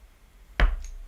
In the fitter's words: And we're going to click that together. And you're going to listen. You're going to hear a click.